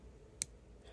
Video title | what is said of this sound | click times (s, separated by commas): Toor Knives Merchant Folder: Review / Overview | it definitely you can hear the click | 0.4 s